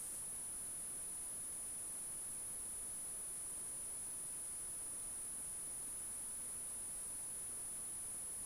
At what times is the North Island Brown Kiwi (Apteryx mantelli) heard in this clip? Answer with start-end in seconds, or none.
none